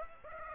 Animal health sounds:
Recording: mosquito wingbeat signal from an infrared sensor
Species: Aedes aegypti

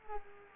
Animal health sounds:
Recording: mosquito wingbeat signal from an infrared sensor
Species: Culex quinquefasciatus

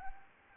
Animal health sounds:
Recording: mosquito wingbeat signal from an infrared sensor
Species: Anopheles gambiae

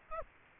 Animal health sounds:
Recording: mosquito wingbeat signal from an infrared sensor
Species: Aedes aegypti

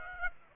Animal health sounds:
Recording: mosquito wingbeat signal from an infrared sensor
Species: Aedes aegypti

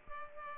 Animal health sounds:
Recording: mosquito wingbeat signal from an infrared sensor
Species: Culex pipiens

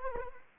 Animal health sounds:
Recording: mosquito wingbeat signal from an infrared sensor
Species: Anopheles arabiensis

